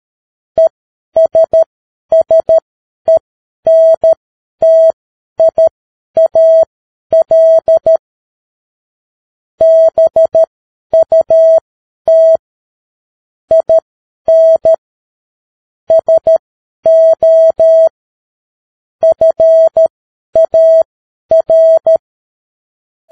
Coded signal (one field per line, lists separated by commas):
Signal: Morse code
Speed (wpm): 13 wpm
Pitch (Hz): 650 Hz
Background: none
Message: ESSENTIAL BUT IN SO FAR